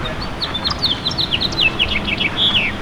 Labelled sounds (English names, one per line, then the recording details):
House Finch song
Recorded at Bay Shore on Long Island, New York, on 29 May 2013
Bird G